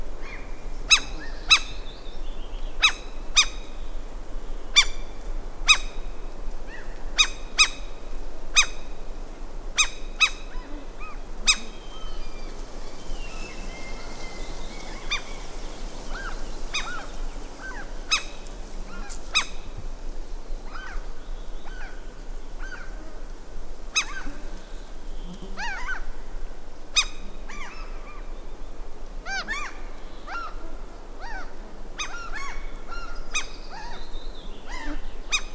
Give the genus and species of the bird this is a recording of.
Larus canus